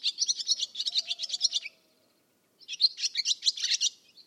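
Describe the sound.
Barn swallow twitter: a rapid series of high, scratchy chirps for over a second, a pause, then another lively burst.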